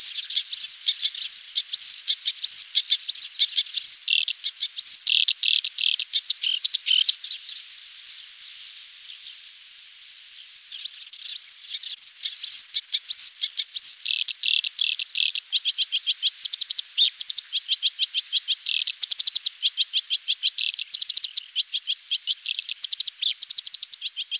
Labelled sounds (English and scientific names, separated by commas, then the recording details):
Black-browed Reed Warbler (Acrocephalus bistrigiceps) song
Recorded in the wild
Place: Zha Long NSG, CN
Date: 1996-06-06
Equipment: Dat-Recorder Casio DA 7, Telinga DAT, Telinga-Parabolspiegel
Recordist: Schwarz, Dieter
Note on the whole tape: Song